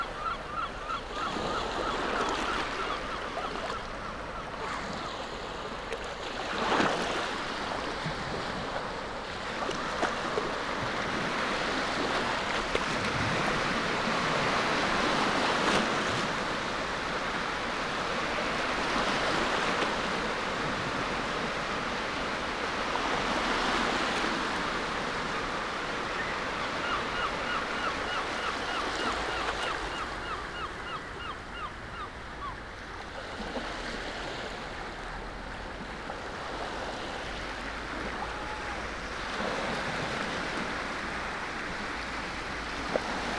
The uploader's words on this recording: Waves of the intertidal zone. This wide open beach, is white noise solitude. This sound photograph of Tenby beach is first try of something new for Lento. We recorded it dynamically, as we walked, in one unbroken 30 minute take.